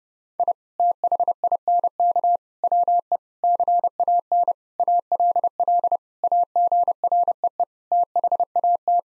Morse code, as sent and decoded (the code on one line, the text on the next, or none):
.. / - .... .. -. -.- / .-- . / -.-. .- -. / .- .-.. .-.. / .- --. .-. . . / - .... .- -
I THINK WE CAN ALL AGREE THAT